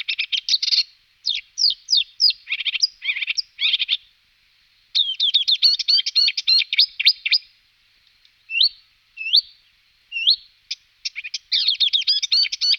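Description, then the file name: Marsh warbler song, a fast, varied stream of chattering and whistled notes, broken by short pauses. "Rakosnik zpevny Acrocephalus palustris"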